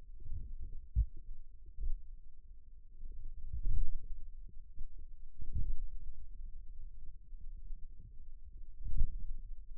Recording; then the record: forearm muscle sounds (acoustic myography)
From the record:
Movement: wrist flexion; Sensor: system 2, bracelet of six BSWA MPA416 microphones around the upper forearm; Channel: 1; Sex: male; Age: 22 years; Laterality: right